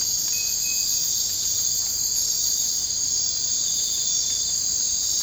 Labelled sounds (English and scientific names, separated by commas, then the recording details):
none
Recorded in dense forest near Puerto Asís, Putumayo, Colombia, on 24 March 2025 at 02:00
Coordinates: 0.485, -76.318
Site G056